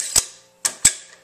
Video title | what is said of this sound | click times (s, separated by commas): AR-15 Assembly and Cleaning by BrandoMcWilli | And everything locks into place just like that. | 0.7 s, 0.9 s